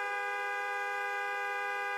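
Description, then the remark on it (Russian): A long, unbroken car horn blast from a Lada 'nine' car, pressed by a man at night in a forest, holds one steady, buzzy pitch rich in overtones for the whole two seconds, with no pauses and no voices. “Вика услышала долгий автомобильный гудок”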